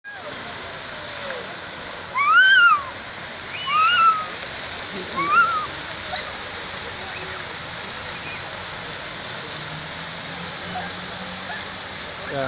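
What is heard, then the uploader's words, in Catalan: A park fountain's water pours in a steady, dense rush that holds even from start to finish. Three short rising-and-falling voice-like calls cut through at about 2.5, 4 and 5.5 seconds, the first loudest, and a faint low hum appears near the end. La nova font del Parc Municipal Teodor Gonzàlez de #Tortosa.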